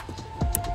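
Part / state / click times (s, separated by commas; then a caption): wiring connector plugging onto fuel tank sender/transfer pump unit / seated / 0.6 s. A plastic electrical connector is pushed home onto the fuel transfer pump and sender unit in the fuel tank of an M3 while the pump is being reconnected, with a steady tonal hum in the background. One sharp click is heard at 0.6 s, and the connector is seated.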